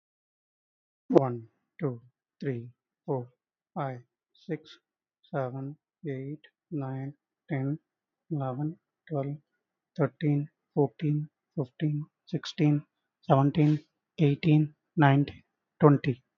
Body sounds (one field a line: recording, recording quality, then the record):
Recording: counting at a normal pace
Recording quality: excellent, no background noise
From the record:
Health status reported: healthy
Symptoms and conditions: cough, asthma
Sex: male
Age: 44 years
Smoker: not ticked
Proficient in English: yes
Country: India